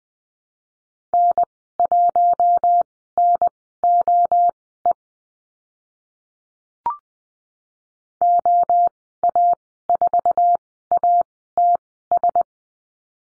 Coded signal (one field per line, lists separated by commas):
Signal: Morse code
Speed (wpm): 20 wpm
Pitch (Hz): 700 Hz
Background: none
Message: N1NOE OA4ATS